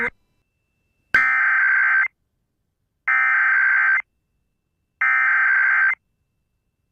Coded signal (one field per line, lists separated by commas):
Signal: Emergency Alert System (SAME) tones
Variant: header bursts